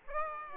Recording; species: mosquito wingbeat signal from an infrared sensor; Aedes aegypti